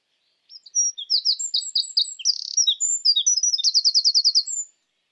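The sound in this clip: Eurasian wren song, a rapid high-pitched stream of sharp notes and fast trills, ending in a run of repeated notes before falling silent.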